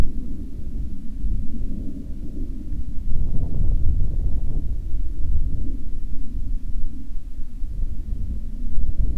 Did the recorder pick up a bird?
no